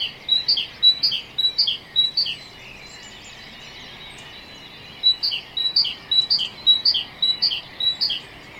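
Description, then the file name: Great tit song: two bouts of repeated two-note whistled phrases, separated by a quiet pause. "Parus major"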